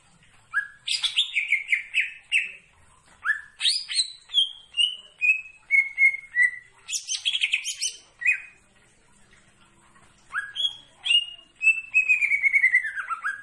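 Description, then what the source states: Greater green leafbird song with descending whistled runs, stuttering chips and trills, separated by short silent gaps. Singing actively.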